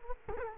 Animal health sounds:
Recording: mosquito wingbeat signal from an infrared sensor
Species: Culex quinquefasciatus

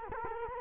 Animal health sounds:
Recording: mosquito wingbeat signal from an infrared sensor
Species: Culex quinquefasciatus

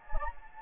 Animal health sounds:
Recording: mosquito wingbeat signal from an infrared sensor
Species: Anopheles gambiae

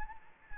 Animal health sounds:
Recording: mosquito wingbeat signal from an infrared sensor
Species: Anopheles gambiae

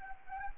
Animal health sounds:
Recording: mosquito wingbeat signal from an infrared sensor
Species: Anopheles arabiensis

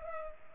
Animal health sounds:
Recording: mosquito wingbeat signal from an infrared sensor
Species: Culex pipiens

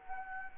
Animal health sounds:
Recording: mosquito wingbeat signal from an infrared sensor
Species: Anopheles arabiensis

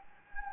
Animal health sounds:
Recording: mosquito wingbeat signal from an infrared sensor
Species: Anopheles gambiae

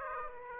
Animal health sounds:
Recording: mosquito wingbeat signal from an infrared sensor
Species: Aedes aegypti

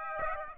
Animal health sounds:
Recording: mosquito wingbeat signal from an infrared sensor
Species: Aedes aegypti

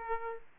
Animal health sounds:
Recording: mosquito wingbeat signal from an infrared sensor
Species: Aedes aegypti

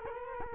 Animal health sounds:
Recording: mosquito wingbeat signal from an infrared sensor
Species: Culex quinquefasciatus

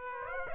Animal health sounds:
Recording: mosquito wingbeat signal from an infrared sensor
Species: Aedes aegypti

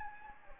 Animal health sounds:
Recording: mosquito wingbeat signal from an infrared sensor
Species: Anopheles gambiae

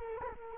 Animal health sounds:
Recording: mosquito wingbeat signal from an infrared sensor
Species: Culex quinquefasciatus

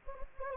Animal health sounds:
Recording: mosquito wingbeat signal from an infrared sensor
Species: Anopheles gambiae

